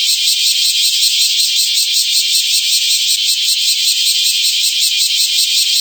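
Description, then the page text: Bear cicada song: a loud continuous high buzzing drone with regular pulsing throughout. Ringtone recording. "クマゼミ(蝉）の鳴き声-sound-HIRingtone"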